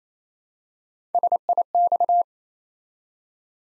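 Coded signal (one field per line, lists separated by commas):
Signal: Morse code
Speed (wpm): 27 wpm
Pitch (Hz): 700 Hz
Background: none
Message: SIX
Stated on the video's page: Morse practice at 28 wpm building 3-letter words one letter at a time for instant character recognition.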